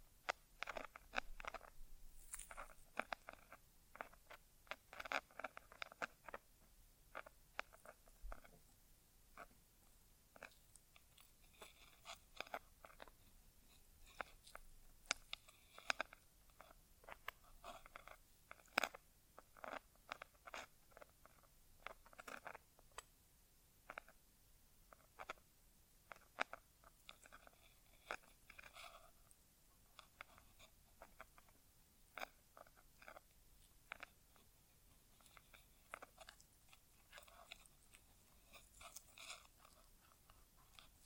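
An ASMR inner ear exam: dense, irregular crackling and tapping clicks close on top of each other, some brighter and sharper, continuing throughout the 41 seconds. Louder crunchy bursts stand out now and then, especially around 15 to 20 seconds, over a quiet low hiss.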